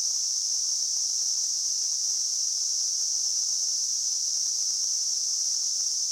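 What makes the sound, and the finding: Device, simulated tinnitus sound. Tinnitus simulation.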